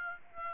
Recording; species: mosquito wingbeat signal from an infrared sensor; Aedes aegypti